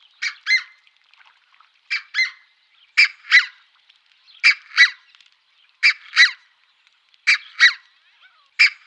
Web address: Schulze Peter Red-breasted Goose